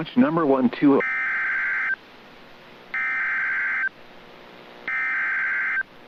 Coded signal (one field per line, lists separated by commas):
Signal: Emergency Alert System (SAME) tones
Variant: header bursts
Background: speech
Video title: (EAS #12) Severe Thunderstorm Warning | 4/16/2024